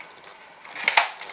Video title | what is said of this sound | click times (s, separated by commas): Бластер НЕРФ Стронгарм /распаковка пушки и стреляем пулями / NERF Strongarm unboxing | Вот, щелкнула. | 0.9 s, 1.0 s